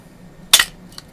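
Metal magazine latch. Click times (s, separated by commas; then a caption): 0.5 s. A metal magazine is released from the grip of a Springfield XD-S .45 pistol by pressing the magazine release again. It pops out with a sharp snap at 0.5 s, followed by a faint lighter tick near 1.0 s. The magazine release is confirmed to work.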